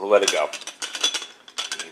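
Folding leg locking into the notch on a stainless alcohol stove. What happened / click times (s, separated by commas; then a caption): The folding metal leg snapped into its notch / 1.0 s. A folding leg on an Out-d stainless steel alcohol stove is pulled down, swung over and released, and a small notch on the leg catches a piece on the stove body so it clicks into place at 1.0 s. Someone talks at the start, and a series of short metallic clicks and taps follows through the rest of the clip. The leg is seated.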